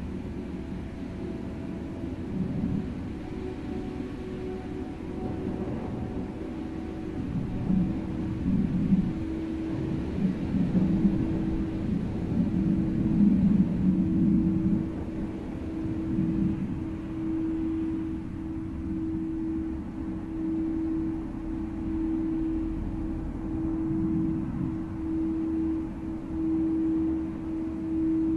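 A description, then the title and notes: Light to moderate wind blows as a steady low rumble, swelling a little between about 8 and 15 seconds. A Tibetan bowl's sustained tone hums through the whole clip, beginning to pulse gently and evenly in the second half. Light to moderate wind blowing, a calm and uplifting environment, sounds of Tibetan bowls.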